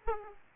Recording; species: mosquito wingbeat signal from an infrared sensor; Aedes aegypti